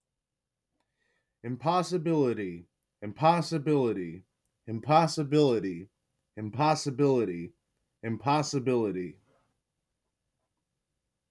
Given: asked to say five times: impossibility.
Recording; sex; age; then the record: repeated word; male; 30 to 39 years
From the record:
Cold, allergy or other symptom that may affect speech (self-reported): no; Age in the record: 38 years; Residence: United States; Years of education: 16